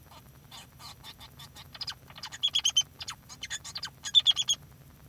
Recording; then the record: song of a male Bengalese finch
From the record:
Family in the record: son of father 2